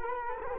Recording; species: mosquito wingbeat signal from an infrared sensor; Culex quinquefasciatus